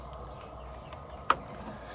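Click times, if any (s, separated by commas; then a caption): 1.3 s. A wiring harness connector on an electrical cable is plugged into the new air flap system (AFS) actuator unit, a plastic housing, on a 2011-2015 Hyundai Sonata Hybrid. Over a steady low background, a faint tick at 0.9 s comes before one sharp, bright snap at 1.3 s. The connector is confirmed seated.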